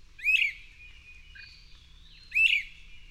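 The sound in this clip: Bird song of two sharp rising chirps a couple of seconds apart, linked by a faint thin whistle and one soft low note.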